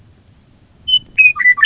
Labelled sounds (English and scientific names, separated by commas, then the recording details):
Western Meadowlark (Sturnella neglecta)
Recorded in Sonoma County, California